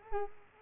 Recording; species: mosquito wingbeat signal from an infrared sensor; Culex quinquefasciatus